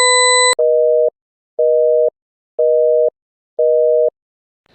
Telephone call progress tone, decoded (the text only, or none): busy tone